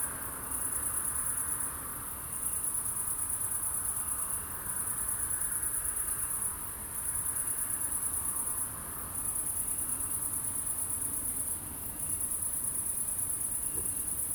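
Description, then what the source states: Crickets giving high, pulsed trills in bursts of roughly two seconds separated by short pauses, repeating throughout over a faint hum and low rumble. Crickets at night in Aveize, France, with cars in the distance; recorded with a DPA-2006c pair in AB position into an SD MixPre-3.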